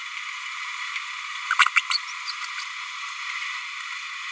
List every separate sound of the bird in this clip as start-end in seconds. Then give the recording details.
1.59-1.66, 1.75-1.81, 1.90-1.99. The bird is a male. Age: 30 days. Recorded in a nest box in Venezuela. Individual 17B102A4